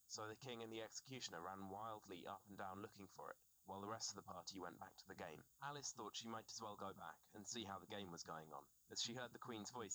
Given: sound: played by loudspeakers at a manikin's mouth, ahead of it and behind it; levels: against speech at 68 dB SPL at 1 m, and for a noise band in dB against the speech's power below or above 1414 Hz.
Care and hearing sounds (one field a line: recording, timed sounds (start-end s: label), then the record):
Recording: test signals for a remote microphone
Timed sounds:
0.00-9.95 s: man speaking
From the record:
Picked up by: remote receiver E, fed by microphone B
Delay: 43 ms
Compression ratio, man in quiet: 2.77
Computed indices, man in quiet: SII 0.989, HASPI 1.000, HASQI 0.404 (non-linear 0.458, linear 0.882), ESTOI 0.745